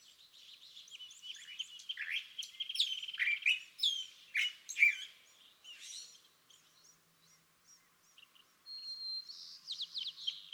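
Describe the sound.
California thrasher singing a long, varied series of scratchy, chattering phrases mixed with clearer whistled notes, growing quieter midway before a high, thin buzzy phrase.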